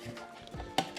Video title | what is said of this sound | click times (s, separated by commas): The best mount for your boat electronics! | and just that's it snap in place with that I love that um | 0.8 s